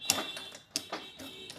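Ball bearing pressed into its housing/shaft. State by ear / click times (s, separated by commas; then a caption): not seated / none. A steel ball bearing is being pressed into its housing or onto its shaft with a hydraulic press, without a hammer. Sharp metallic ticks ring out at about 0.1 s and again near 0.8 s, followed by quieter clicking. The bearing has not yet seated, and nothing has clicked home yet.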